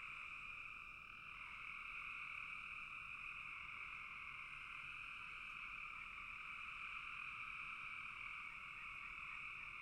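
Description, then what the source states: Frog chorus, a thick, unbroken high trilling, many callers overlapping into one buzzing wash. Frogs calling in a bog.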